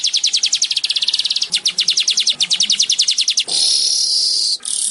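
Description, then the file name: Weaver: brisk rattle of sharp high ticks lasting several seconds, then wheezy buzzes. "Tieng chim dong doc chim rong roc dau vang"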